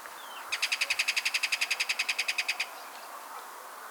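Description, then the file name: Kingfisher rattle: a dry, evenly spaced burst of about twenty harsh ticking notes lasting roughly two seconds, then quiet background. "MARTIN PESCADOR"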